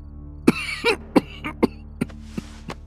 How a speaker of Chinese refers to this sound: 一阵低低的咳嗽声突然响起，他猛地起身掩住嘴，脸上现出了一抹不正常的潮红。